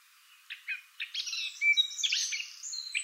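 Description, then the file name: Eurasian blackcap song opening with a few soft separate notes, then breaking into a rapid, varied warble with bright whistled tones. "Sylvia atricapilla"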